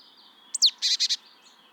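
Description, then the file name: Marsh tit giving one call: one or two brief high slurred notes, then four fast, harsh, buzzy notes in quick succession. "Poecile palustris"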